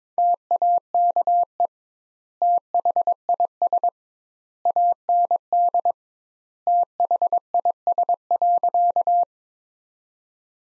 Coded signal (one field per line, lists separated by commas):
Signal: Morse code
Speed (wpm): 22 wpm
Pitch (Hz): 700 Hz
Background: none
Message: TAKE THIS AND THIS.